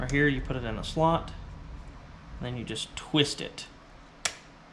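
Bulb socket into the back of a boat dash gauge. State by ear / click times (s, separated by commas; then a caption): seated / 4.3 s. Someone talks while a bulb socket is put into its slot in the back of a boat dash gauge and twisted until it locks against the brass contacts. A sharp click is heard at 4.3 seconds as the socket seats.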